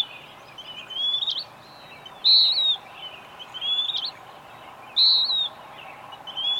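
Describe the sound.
Bird singing high clear whistles, loud flat notes alternating with softer rising phrases, faint hiss behind.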